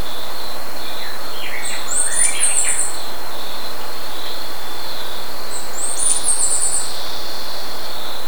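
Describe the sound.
Bird call: a high, thin twittering phrase given twice, about four seconds apart, amid continuous hiss and a steady insect-like hum.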